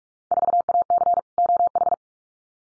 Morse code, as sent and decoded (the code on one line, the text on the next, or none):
....- .- -.-. / --- ....
4AC OH